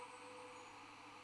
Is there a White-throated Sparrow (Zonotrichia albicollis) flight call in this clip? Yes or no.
no